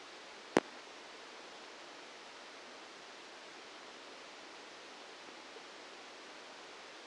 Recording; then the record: brain microelectrode recording played as sound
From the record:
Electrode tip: outside the subthalamic nucleus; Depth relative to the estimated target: -4 mm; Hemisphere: left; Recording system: NeuroSet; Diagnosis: Parkinson's disease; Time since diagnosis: 8 years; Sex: male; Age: 65 years